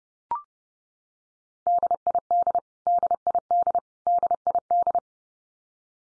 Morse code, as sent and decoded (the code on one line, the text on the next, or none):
-.. .. -.. / -.. .. -.. / -.. .. -..
DID DID DID